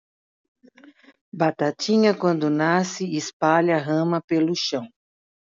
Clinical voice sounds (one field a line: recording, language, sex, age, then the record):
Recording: short text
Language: Brazilian Portuguese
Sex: female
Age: 60 to 69 years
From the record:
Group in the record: control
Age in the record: 61 years